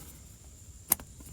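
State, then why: Seated. A metal transmission cooler line is pushed into a replacement quick-connect fitting on the transmission of a 2006–2016 Chevy Impala, during a transmission oil leak fix. A sharp click at 0.9 s shows the line seating, followed by a faint second tick at 1.0 s. The fitting is confirmed seated and no longer moves.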